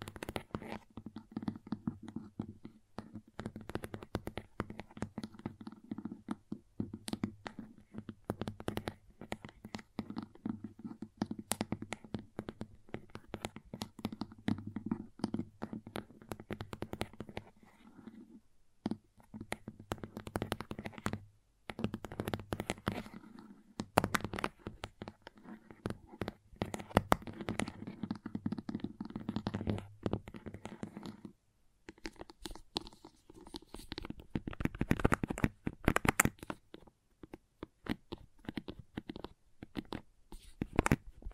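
Crayons tap, scrape and carve in dense, irregular clicks and scratchy strokes, with a low hum underneath and brief pauses near 18, 21 and 31 seconds.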